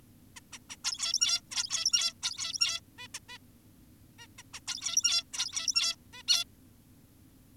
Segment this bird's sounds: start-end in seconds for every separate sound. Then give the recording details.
0.36-0.40, 0.53-0.58, 0.70-0.76, 0.84-1.41, 1.51-2.13, 2.23-2.80, 2.98-3.08, 3.14-3.19, 3.29-3.38, 4.19-4.27, 4.38-4.43, 4.54-4.60, 4.67-5.24, 5.34-5.96, 6.13-6.23, 6.28-6.44. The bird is an adult. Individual g17y2U